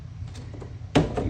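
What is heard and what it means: The removable brush frame of a plastic pet door is pulled out of the door opening for cleaning. After a low hum and faint rustling, a sharp, loud snap at 1.0 s marks the frame coming free, followed by a softer knock as it is released.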